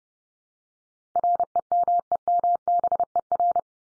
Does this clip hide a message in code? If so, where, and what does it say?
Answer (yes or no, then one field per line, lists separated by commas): yes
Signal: Morse code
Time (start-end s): 1.2-3.6 s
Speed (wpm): 30 wpm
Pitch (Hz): 700 Hz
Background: none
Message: REMEMBER